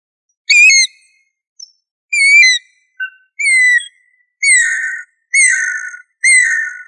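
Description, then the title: Bird singing a run of bright whistled notes, each a short slurred or falling phrase, repeated roughly every second against silence. "LuckyPassaro Completos2Sama"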